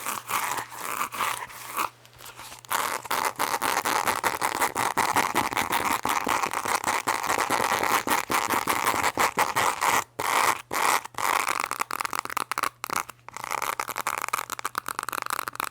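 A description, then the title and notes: Fast, aggressive scratching runs almost without pause, a dense, rasping scrape with a bright, gritty edge. Brief gaps break it near two seconds and several times between ten and thirteen seconds, and a low steady hum sits underneath throughout. ASMR Fast and Verrry Aggressive Scratching.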